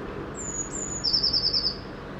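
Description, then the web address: Eurasian blue tit call: two thin high whistled notes, then a rapid trill of several quick notes at a lower pitch. "SETE Cyanistes caeruleus"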